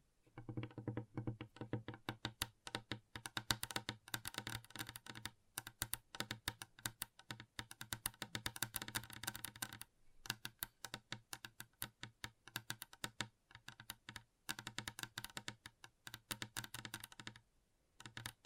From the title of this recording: ASMR Gentle Tapping